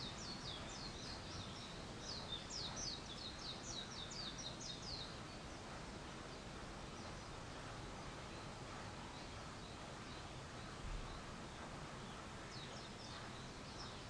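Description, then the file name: Bird calls: a burst of quick high chirps at the start, then quieter scattered chirps, with steady background noise throughout. Wild birds; 21 April 2023. "wild-bird 230421"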